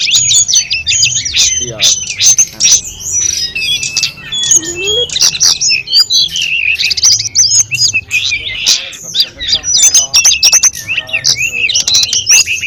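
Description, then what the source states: Sunda robin song, several birds chattering and whistling together in a dense, continuous high-pitched medley; a faint lower sliding sound appears briefly midway. Five tledekan birds singing together.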